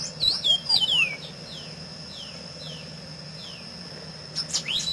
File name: Canto do pedro ceroulo